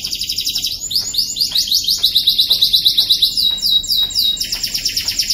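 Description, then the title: Canary song, a fast run of high buzzy trills and repeated chirping notes shifting between phrases, with no other sounds standing out. Privately kept canary. "Kenari Raja Kecil milik Fitri BKS"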